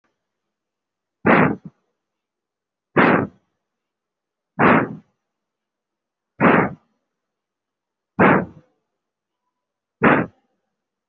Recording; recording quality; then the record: shallow breathing; excellent, no background noise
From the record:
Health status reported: respiratory illness, not identified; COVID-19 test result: negative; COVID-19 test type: RT-PCR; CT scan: not taken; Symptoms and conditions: breathing difficulty, asthma, pneumonia, another respiratory illness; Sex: male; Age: 30 years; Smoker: no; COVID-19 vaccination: none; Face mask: worn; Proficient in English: no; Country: India